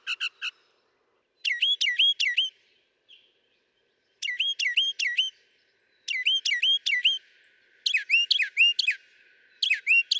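Northern mockingbird song: repeated phrases of quick rising whistled notes given in bursts, with a faint hiss later on.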